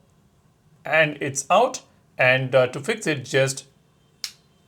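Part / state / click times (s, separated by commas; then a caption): watch strap into smartwatch case / seated / 4.2 s. A watch strap is pushed into the quick-release slot on a Galaxy Watch 8 series smartwatch case until it locks. Someone talks, then after a pause a single sharp click is heard at 4.2 s as the strap seats into the lug. The strap locks in place.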